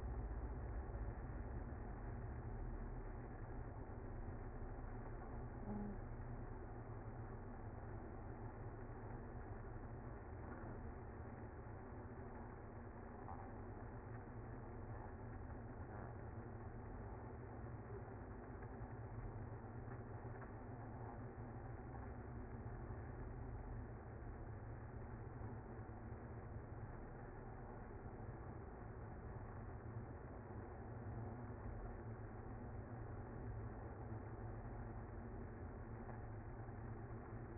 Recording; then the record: honeybee colony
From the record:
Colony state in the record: active